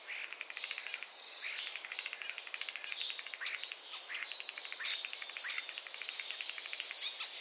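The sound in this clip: Common starling chatter: steady rapid clicking rattles under scattered high squeaks, growing louder toward the end.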